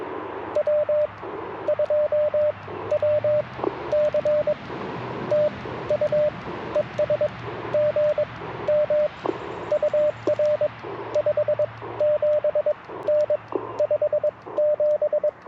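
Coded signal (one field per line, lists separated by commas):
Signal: Morse code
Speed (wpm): 21 wpm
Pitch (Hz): 600 Hz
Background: radio noise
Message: W2WC TU ES GM UR 57N 57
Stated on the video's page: QRP CW Parks on the Air activation on 40m and 20m, using an Icom IC-705, Alex Loop antenna and Modern Morse Nameless key.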